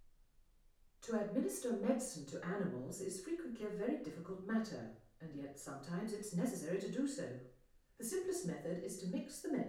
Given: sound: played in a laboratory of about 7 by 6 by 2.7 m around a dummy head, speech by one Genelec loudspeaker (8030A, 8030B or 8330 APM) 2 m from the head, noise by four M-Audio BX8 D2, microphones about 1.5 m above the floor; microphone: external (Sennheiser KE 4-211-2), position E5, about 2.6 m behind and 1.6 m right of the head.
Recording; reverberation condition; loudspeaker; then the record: female speech in English; medium; 30 degrees to the left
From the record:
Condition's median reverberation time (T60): about 510 ms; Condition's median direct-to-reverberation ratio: about -0.5 dB